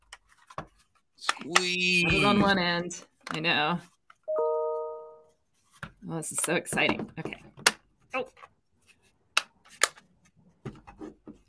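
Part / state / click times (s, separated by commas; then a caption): plastic enclosure part snapping onto the synthesizer kit case / seated / 7.7 s, 9.4 s. During final mechanical assembly of a small synthesizer kit, printed plastic enclosure parts are pressed together and snap onto the case. Someone talks, a brief steady tone sounds around 4.3 to 5.3 seconds, and then sharp snaps land at 7.7 and 9.4 seconds. The parts seat firmly with a satisfying snap.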